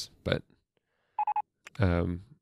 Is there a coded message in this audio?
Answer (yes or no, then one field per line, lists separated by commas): no